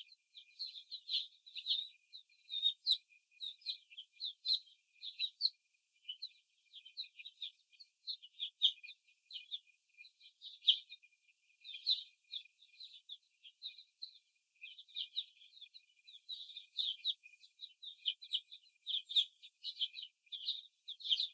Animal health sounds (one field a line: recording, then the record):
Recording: young laying hens in a cage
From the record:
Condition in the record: before the stressor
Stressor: simulated dog barking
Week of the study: 1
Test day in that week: 2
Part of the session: 2